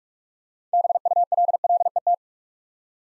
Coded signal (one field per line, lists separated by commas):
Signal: Morse code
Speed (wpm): 46 wpm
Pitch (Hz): 700 Hz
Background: none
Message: BULLET